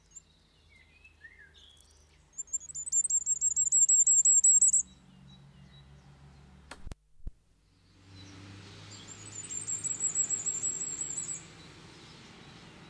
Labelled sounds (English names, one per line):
Common Firecrest song